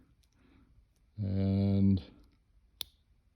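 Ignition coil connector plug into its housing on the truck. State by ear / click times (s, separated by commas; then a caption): seated / 2.8 s. On a 2011–2014 Ford F-150 5.0 truck, during a no-solder ignition coil connector replacement, the ignition coil wiring connector plug is pushed back through and into its housing until it locks. Someone talks briefly, and then a single sharp, loud click is heard at 2.8 s as the connector seats.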